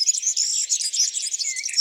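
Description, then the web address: European serin song, a fast, dense, jingling high twitter held without pause, with a short rising slurred note near the end. "Serin cini. abc de la nature"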